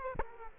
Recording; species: mosquito wingbeat signal from an infrared sensor; Aedes aegypti